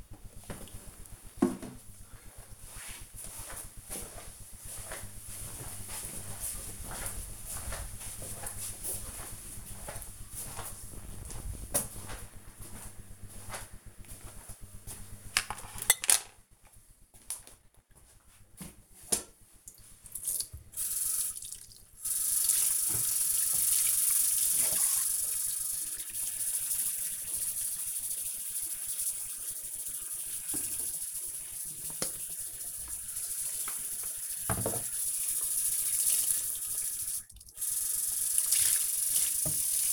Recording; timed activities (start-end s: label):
household activities, microphone on the right wrist
17.68-39.93 s: washing dishes